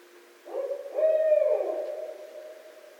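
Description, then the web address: Barred owl hooting, a low tonal hoot swelling into a loud drawn-out note that slurs downward at the end, over a quiet background. Recorded 24 December 2011. "birds Barred Owl 2011 12 24 Barred Owl"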